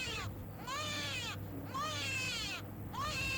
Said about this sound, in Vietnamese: Sinh rồi, sinh rồi! Theo một tiếng bà lão gọi, tiếng trẻ con khóc nỉ non. Nỉ non.